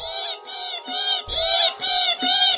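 Goshawk chicks in the nest squealing as they reach for food, in a run of about six harsh, high-pitched, buzzy cries, loud and closely spaced with brief gaps between them, and no other sound around them.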